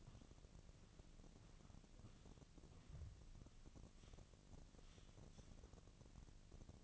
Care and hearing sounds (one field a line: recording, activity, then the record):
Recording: daily activity, microphone in the room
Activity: walk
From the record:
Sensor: 4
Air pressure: 1013.0 hPa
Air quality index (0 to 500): 171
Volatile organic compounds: 2 ppm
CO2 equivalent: 1086 ppm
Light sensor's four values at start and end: 71/175/75/79 and 71/176/75/79